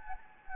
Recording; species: mosquito wingbeat signal from an infrared sensor; Anopheles gambiae